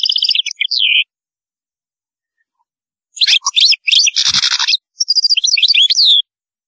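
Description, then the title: European goldfinch song in short bursts of quick twittering notes, with one broad buzzy rasp after a pause. "Chant Chardonneret"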